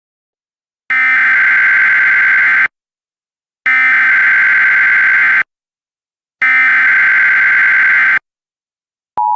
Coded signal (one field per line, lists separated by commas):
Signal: Emergency Alert System (SAME) tones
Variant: header bursts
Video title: goanimate4schools shutdown experience: the EAS scenario